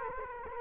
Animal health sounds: mosquito wingbeat signal from an infrared sensor; Culex quinquefasciatus

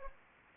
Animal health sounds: mosquito wingbeat signal from an infrared sensor; Aedes aegypti

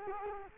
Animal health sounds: mosquito wingbeat signal from an infrared sensor; Culex quinquefasciatus

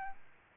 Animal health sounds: mosquito wingbeat signal from an infrared sensor; Aedes albopictus

